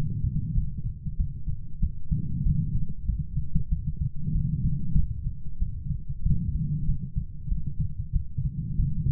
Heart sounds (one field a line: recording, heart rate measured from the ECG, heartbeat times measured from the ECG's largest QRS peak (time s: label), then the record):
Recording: heart sounds by stethoscope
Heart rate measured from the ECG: 95 bpm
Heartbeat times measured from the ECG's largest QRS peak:
0.54 s: heartbeat
1.17 s: heartbeat
1.80 s: heartbeat
2.43 s: heartbeat
3.06 s: heartbeat
3.69 s: heartbeat
4.32 s: heartbeat
4.96 s: heartbeat
5.58 s: heartbeat
6.23 s: heartbeat
6.86 s: heartbeat
7.48 s: heartbeat
8.12 s: heartbeat
8.76 s: heartbeat
From the record:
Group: healthy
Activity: light exercise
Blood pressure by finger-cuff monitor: 110/74 mmHg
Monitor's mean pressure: 85 mmHg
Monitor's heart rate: 95 bpm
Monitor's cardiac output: 6.9 L/min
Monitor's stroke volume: 72 mL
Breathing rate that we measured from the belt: 29 breaths a minute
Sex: female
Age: 32 years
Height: 172 cm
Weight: 71.7 kg